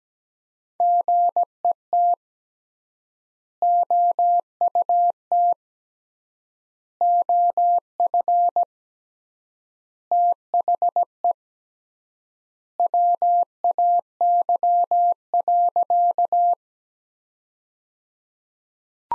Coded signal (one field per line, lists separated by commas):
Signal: Morse code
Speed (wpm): 17 wpm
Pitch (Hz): 700 Hz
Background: none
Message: GET OUT OF THE WAY.